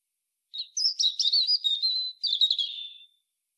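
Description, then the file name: European robin song: a high, thin warbled phrase with rapid twittering notes around a steady pitch, a brief pause, then a second trilling burst fading away; background otherwise silent. "Erithacus rubecula"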